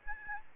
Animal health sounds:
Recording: mosquito wingbeat signal from an infrared sensor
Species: Aedes albopictus

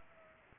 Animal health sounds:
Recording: mosquito wingbeat signal from an infrared sensor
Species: Culex pipiens

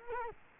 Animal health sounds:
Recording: mosquito wingbeat signal from an infrared sensor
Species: Culex quinquefasciatus

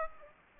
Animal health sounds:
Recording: mosquito wingbeat signal from an infrared sensor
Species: Aedes aegypti

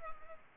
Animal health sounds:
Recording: mosquito wingbeat signal from an infrared sensor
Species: Culex pipiens

